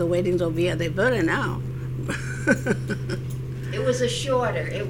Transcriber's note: she laughs